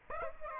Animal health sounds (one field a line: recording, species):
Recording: mosquito wingbeat signal from an infrared sensor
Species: Aedes aegypti